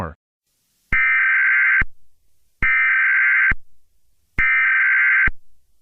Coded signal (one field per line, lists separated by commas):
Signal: Emergency Alert System (SAME) tones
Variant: header bursts